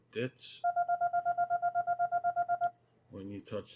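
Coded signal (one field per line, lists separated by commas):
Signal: none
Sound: practice paddle keying demonstration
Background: speech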